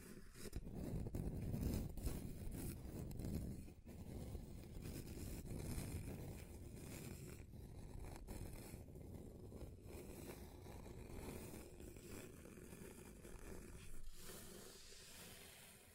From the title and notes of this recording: ASMR Relaxing Table Scratching Different Surfaces (No Talking).